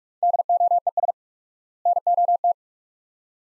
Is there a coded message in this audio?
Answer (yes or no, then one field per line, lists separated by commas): yes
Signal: Morse code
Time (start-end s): 0.2-2.5 s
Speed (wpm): 42 wpm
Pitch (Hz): 700 Hz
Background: none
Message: DOES NOT